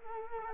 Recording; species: mosquito wingbeat signal from an infrared sensor; Culex quinquefasciatus